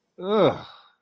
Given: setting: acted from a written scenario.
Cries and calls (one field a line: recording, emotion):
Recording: vocal sound without words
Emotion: contempt